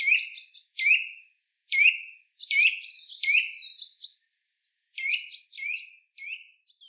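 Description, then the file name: Eurasian nuthatch: clear, ringing call notes in short irregular bursts separated by pauses. "Sitta europaea"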